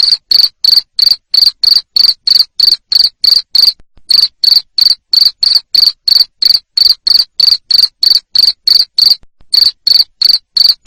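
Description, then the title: Cricket chirps in a fast, regular series, about three pulses a second, broken by two short gaps. Loud chirping of a cricket, played to make lovebirds sing ngekek continuously. "Suara JANGKRIK NGERIK Keras Bikin LOVEBIRD Jadi NGEKEK Terus Vubey"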